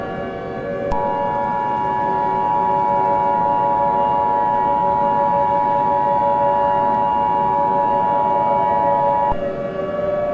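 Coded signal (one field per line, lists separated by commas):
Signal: Emergency Alert System (SAME) tones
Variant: 853 and 960 Hz attention tone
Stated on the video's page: Fictional EAS scenario.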